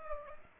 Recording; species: mosquito wingbeat signal from an infrared sensor; Aedes aegypti